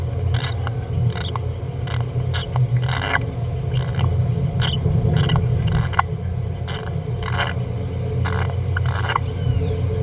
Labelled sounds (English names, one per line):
Green-rumped Parrotlet babbling